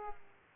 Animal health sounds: mosquito wingbeat signal from an infrared sensor; Aedes aegypti

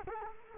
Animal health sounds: mosquito wingbeat signal from an infrared sensor; Culex quinquefasciatus

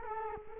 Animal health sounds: mosquito wingbeat signal from an infrared sensor; Culex quinquefasciatus

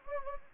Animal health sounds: mosquito wingbeat signal from an infrared sensor; Anopheles gambiae

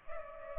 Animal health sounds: mosquito wingbeat signal from an infrared sensor; Culex pipiens

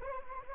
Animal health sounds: mosquito wingbeat signal from an infrared sensor; Anopheles arabiensis

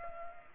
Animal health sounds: mosquito wingbeat signal from an infrared sensor; Culex pipiens

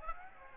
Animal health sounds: mosquito wingbeat signal from an infrared sensor; Aedes aegypti

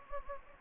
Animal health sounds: mosquito wingbeat signal from an infrared sensor; Anopheles gambiae

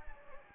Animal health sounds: mosquito wingbeat signal from an infrared sensor; Anopheles gambiae

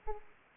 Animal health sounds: mosquito wingbeat signal from an infrared sensor; Aedes aegypti

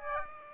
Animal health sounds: mosquito wingbeat signal from an infrared sensor; Aedes aegypti

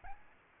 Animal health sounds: mosquito wingbeat signal from an infrared sensor; Aedes albopictus

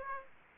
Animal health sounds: mosquito wingbeat signal from an infrared sensor; Aedes aegypti

